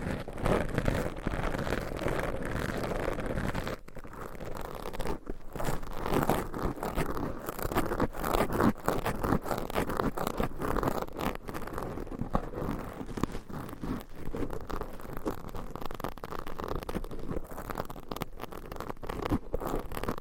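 Layered mic scratching forms a dense, continuous rasping texture of rapid scrapes and crackles, loud throughout twenty seconds, with brief dips near four and five seconds.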